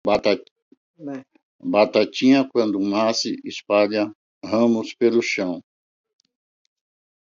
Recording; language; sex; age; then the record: short text; Brazilian Portuguese; female; 60 to 69 years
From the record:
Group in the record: control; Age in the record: 63 years